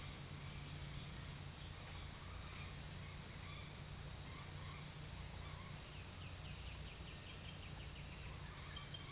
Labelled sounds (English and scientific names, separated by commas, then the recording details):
none
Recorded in secondary vegetation near Puerto Asís, Putumayo, Colombia, on 29 June 2025 at 07:00
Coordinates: 0.485, -76.322
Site GP06